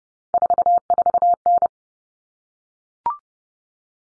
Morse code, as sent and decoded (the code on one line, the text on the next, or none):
....- ....- -.
44N